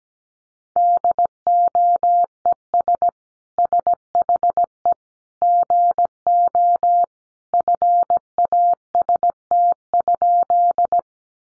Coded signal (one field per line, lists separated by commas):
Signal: Morse code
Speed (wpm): 17 wpm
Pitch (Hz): 700 Hz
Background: none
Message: DOES SHE GO FAST?